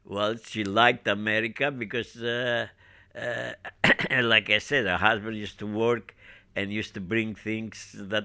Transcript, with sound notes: Well, she liked America (he clears his throat) like I said, her husband used to work and used to bring things that